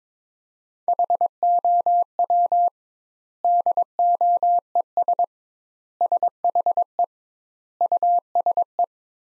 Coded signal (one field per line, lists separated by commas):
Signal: Morse code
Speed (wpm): 22 wpm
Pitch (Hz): 700 Hz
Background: none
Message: HOW DOES SHE USE